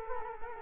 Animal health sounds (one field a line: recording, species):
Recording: mosquito wingbeat signal from an infrared sensor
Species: Culex quinquefasciatus